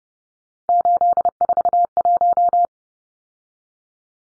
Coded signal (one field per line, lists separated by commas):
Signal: Morse code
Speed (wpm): 30 wpm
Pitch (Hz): 700 Hz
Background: none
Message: 841